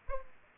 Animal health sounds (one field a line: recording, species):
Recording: mosquito wingbeat signal from an infrared sensor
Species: Aedes aegypti